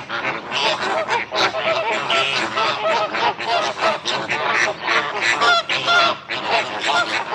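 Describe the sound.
Birds calling in a noisy flock, a constant stream of loud, nasal honks and cackles.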